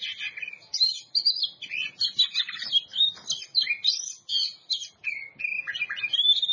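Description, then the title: Oriental magpie-robin song, a rapid varied stream of bright whistles, rich warbles and sharp chirps, with rising and falling phrases running continuously. Champion bird. "Kicau Burung Kacer Juara"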